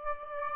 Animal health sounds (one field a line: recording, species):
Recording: mosquito wingbeat signal from an infrared sensor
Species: Aedes aegypti